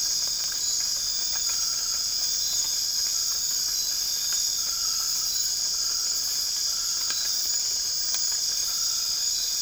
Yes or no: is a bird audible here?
no